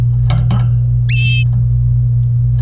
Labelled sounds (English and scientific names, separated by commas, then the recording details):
Domestic Canary (Serinus canaria) song
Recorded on 25 April 2018 at 17:03
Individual llb3